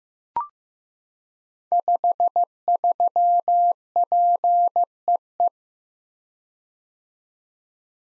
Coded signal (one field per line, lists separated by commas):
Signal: Morse code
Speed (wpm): 15 wpm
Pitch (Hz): 700 Hz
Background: none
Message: 53PEE